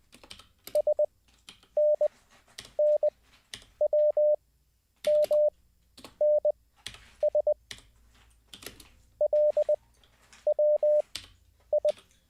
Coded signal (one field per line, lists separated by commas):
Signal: Morse code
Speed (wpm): 20 wpm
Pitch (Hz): 600 Hz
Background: none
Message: SNNWMNS LWI